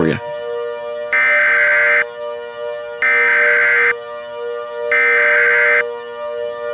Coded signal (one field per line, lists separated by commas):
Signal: Emergency Alert System (SAME) tones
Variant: header bursts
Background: speech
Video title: *VALID TONES* Snownado (EAS Scenario)